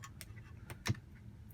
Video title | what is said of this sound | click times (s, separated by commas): DIY: Tesla Model Y Rear View Mirror Noise Fix | okay there we go make sure you hear everything snap in place cuz | 0.9 s